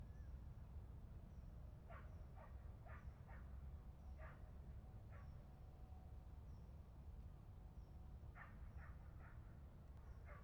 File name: Algemene sfeer in een polder met een blaffende hond - Sound Cloud - Beeld en Geluid